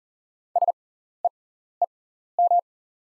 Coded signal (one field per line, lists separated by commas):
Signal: Morse code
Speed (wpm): 38 wpm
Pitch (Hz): 700 Hz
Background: none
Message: SEEM